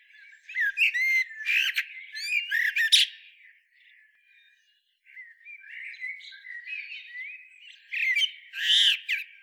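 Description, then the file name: Eurasian blackbird song: loud warbled phrases ending in squeaky high twitters, a quiet gap of a couple of seconds, then softer rambling notes and a final strong phrase. "Turdus merula"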